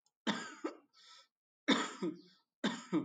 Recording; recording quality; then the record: shallow voluntary cough; excellent, no background noise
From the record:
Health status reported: exposed to COVID-19, no respiratory illness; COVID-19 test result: negative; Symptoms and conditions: cough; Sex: male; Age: 48 years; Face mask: not worn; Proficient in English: yes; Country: India